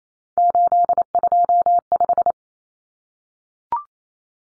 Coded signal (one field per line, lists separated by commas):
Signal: Morse code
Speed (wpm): 28 wpm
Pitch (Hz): 700 Hz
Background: none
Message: 825